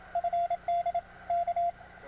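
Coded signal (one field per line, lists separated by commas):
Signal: Morse code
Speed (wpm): 27 wpm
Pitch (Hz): 690 Hz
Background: radio noise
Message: FD K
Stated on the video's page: Field Day operation, including a working station using WWII-era equipment.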